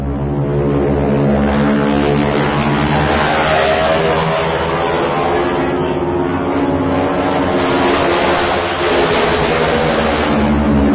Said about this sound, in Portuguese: Aí depois pode colocar na edição aí o barulho do motor do T-6 no mergulho. É, quando ele faz o mergulho, aí a ponta da hélice daquele avião ficava supersônica. Uhum. E ele faz o barulho característico de tudo do T-6.